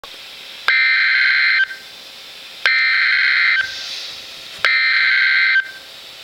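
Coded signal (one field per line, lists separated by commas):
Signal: Emergency Alert System (SAME) tones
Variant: header bursts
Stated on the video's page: NOAA Weather Radio EAS flash flood warning, issued by NWS Upton NY.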